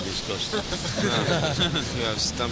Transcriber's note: devotees laugh